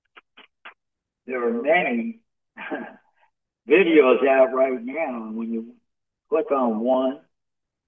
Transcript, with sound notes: there are many (laughs) videos out right now. And when you click on one,